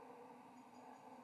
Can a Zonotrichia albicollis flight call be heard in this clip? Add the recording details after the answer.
no. No flight call is heard. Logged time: 00:26 on 7 November 2014